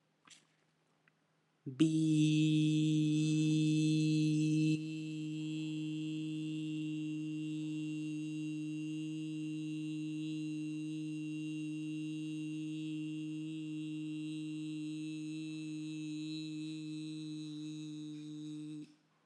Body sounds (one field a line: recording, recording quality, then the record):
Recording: sustained vowel as in beet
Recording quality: excellent, no background noise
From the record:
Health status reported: healthy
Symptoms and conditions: none ticked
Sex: male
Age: 26 years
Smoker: not ticked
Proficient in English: yes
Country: India